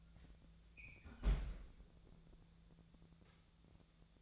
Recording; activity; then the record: daily activity, microphone in the room; close fridge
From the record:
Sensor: 3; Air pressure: 1000.0 hPa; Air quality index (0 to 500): 132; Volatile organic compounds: 2 ppm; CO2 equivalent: 1178 ppm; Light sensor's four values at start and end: 44/111/47/52 and 44/111/47/52